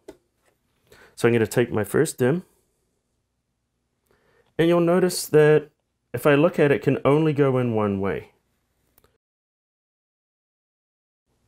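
Someone talks while lining up a RAM DIMM, which only fits one way, with a motherboard memory slot in a 2019 Mac Pro before pushing it in. Only quiet handling sounds are heard, with a faint tick near 9.0 seconds. Nothing has seated or clicked yet.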